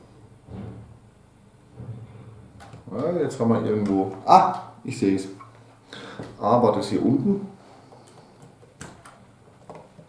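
Someone talks while fitting a plastic brick part onto a brick-built figure, and several small clicks follow, the clearest at 8.8 seconds. The part is still not fully pressed in.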